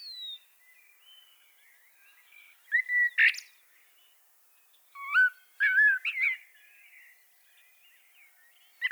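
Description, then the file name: Common blackbird song: soft, slurred whistles, then louder fluty phrases that break into squeaky, scratchy notes. "Turdus merula"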